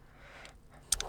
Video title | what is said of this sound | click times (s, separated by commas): GoPro Mission 1 Pro – How to Mount as Dashcam | slide it on until it clicks, close it, and then you can put your dashcam on it, | 0.9 s